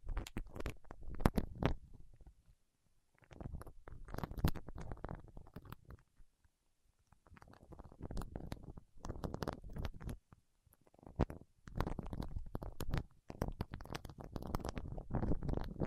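Waxy fingertips rub and press together, making dense sticky crackles and soft squelching pops with a heavy low rumble underneath. The sound comes in bursts of a second or two, broken by short silences near three, seven and eleven seconds.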